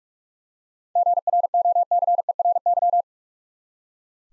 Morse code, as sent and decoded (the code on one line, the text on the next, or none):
--. .-. --- -.-. . .-. -.--
GROCERY